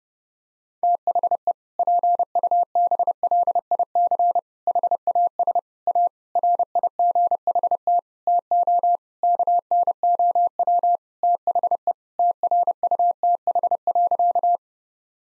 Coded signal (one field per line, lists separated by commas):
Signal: Morse code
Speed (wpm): 30 wpm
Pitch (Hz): 700 Hz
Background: none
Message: THE PUBLIC HAS A RIGHT TO KNOW THE TRUTH.